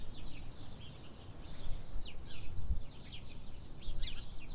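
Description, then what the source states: Sparrows calling with quick, scratchy chirps in bursts against a loud wind rumble. Windy conditions.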